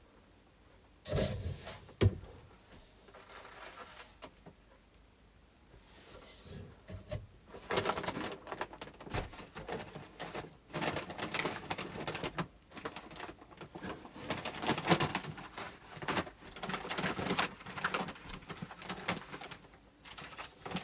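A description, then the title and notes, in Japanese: Brown rice, already hulled, is run through a sorting machine and then checked by hand for leftover husks and weed seeds. Dense, gritty rustling and pouring of grains fills most of the clip, swelling and thinning irregularly, with a sharp burst near the start and short pauses between handfuls. 環境音 お米出荷準備(点検)。モミすり後のお米(玄米)を、選別機にかけ、モミの残りや草の実など最終を手作業でチェック。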